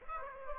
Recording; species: mosquito wingbeat signal from an infrared sensor; Aedes aegypti